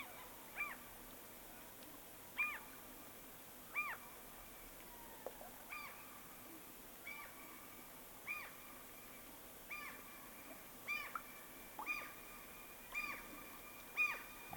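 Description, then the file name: Gulls calling faintly, with short nasal yelps spaced irregularly, some doubled, over a constant low rushing background noise. A flock of seagulls passing. "Digiffects Sound Effects Library - Flock of Seagulls Passing"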